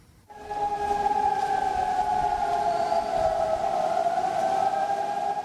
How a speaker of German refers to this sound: Seit den frühen Morgenstunden sind sie zu hören, die Sirenen, die Lautsprecher durchsagen, mit denen die Bewohner der moldaunahen Stadtteile zum Verlassen ihrer Wohnungen aufgefordert werden.